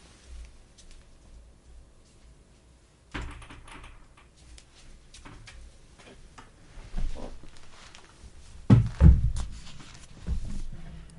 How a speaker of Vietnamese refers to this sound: Mình đóng cái cửa nữa, đeo.